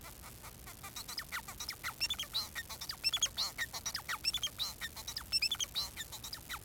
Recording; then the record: song of a male Bengalese finch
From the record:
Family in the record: son of father 4